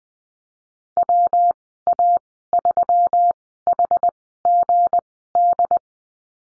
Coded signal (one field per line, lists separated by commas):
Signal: Morse code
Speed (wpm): 20 wpm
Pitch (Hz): 700 Hz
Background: none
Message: WA3HGD